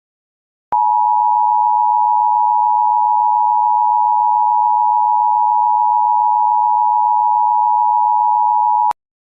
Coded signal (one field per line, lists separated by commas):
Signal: Emergency Alert System (SAME) tones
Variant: 853 and 960 Hz attention tone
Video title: Homies Traitors Attacks (EAS ALERT) Teenagers Are Attack #CancelTeenagers